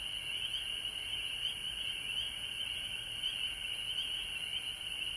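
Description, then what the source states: Frogs in a dense chorus, high shrill trills blending into one steady band. Frogs recorded at home in Georgia on March 19, 2020.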